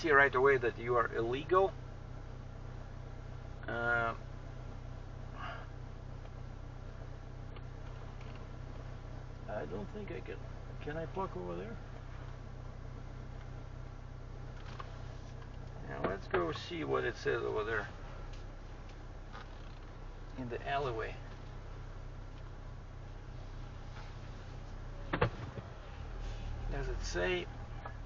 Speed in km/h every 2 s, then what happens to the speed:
0, 0, 0, 0, 0, 0, 0, 0, 0, 0, 0, 1, 1, 1.
0-28 standing.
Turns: none.